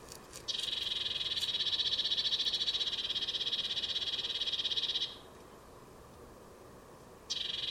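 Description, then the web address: Bird calling with a long, steady, buzzy churr of about four and a half seconds, then a pause and a fresh burst starting. "Deverinetal 2025 File origin Bird Only Cy Ca"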